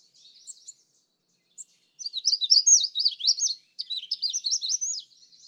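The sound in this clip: Magnolia warbler song: a faint opening phrase, then a run of quick high slurred notes rising and falling, given twice over about three seconds.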